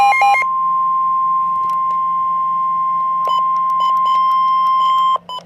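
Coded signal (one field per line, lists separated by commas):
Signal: Emergency Alert System (SAME) tones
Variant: 1050 Hz attention tone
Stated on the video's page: Severe thunderstorm warning EAS tones on TV, with broadcast failures; weather radio alert made with the CRS.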